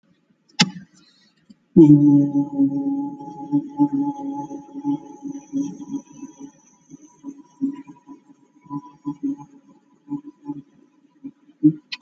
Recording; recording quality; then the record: sustained vowel as in boot; excellent, no background noise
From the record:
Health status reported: exposed to COVID-19, no respiratory illness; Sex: male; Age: 44 years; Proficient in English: yes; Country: India